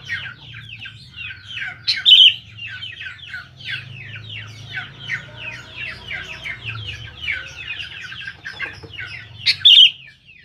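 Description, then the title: Sooty-headed bulbul song: a loud burst of bubbly notes near two seconds and again near ten, over steady chattering and a low hum. "Kutilang"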